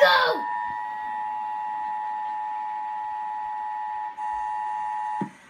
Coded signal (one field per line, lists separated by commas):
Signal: Emergency Alert System (SAME) tones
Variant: 853 and 960 Hz attention tone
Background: speech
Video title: Severe Thunderstorm Warning! (EAS 1.3K) NWS Columbia, SC [Trimmed to avoid Copyright]